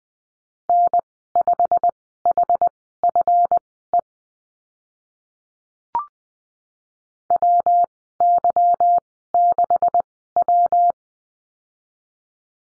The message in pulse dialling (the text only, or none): none